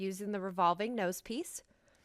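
A 100x objective lens on a microscope's revolving nosepiece is being rotated into the light path, chosen because the 40x high dry lens would be too close and cannot take oil. Someone talks throughout, then the sound fades to near silence. Nothing has seated or clicked into place yet.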